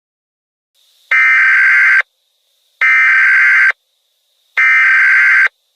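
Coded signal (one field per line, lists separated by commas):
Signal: Emergency Alert System (SAME) tones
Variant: header bursts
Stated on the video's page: Fictional alert scenario made with app-based editing and narrator voice software.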